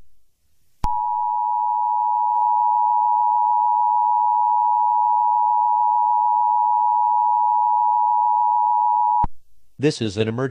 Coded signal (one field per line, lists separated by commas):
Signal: Emergency Alert System (SAME) tones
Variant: 853 and 960 Hz attention tone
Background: speech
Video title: eas scenario catemojibabyheat part 8